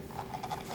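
An operator turns the metal preload handle on a Brinell hardness testing machine, heard as a steady run of soft, uneven mechanical rasps and scrapes with no sharp transient. The handle is still being turned toward its lock, and nothing has seated or clicked yet.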